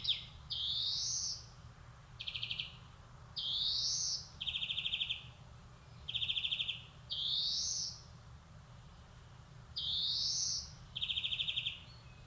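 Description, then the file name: European greenfinch song mixing drawn-out wheezy rising notes with short rattling trills. "Chloris chloris"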